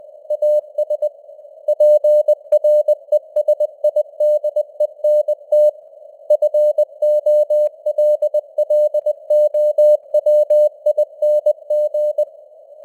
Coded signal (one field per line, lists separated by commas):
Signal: Morse code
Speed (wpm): 20 wpm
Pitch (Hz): 600 Hz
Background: none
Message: AS PRESIDENT FOLLOWING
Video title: Morse Code News | 2025-11-04 | 20wpm